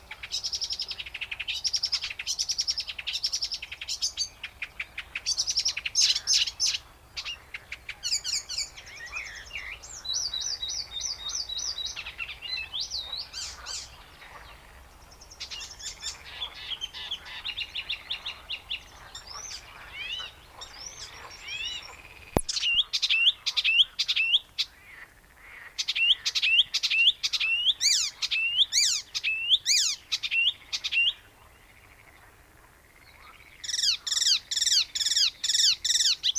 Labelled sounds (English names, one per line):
Icterine Warbler